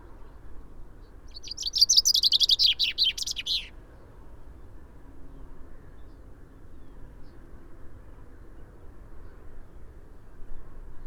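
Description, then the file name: Common chaffinch song: one quick descending series of bright notes lasting about two seconds, ending abruptly, over a steady low rumble. "Fringilla coelebs"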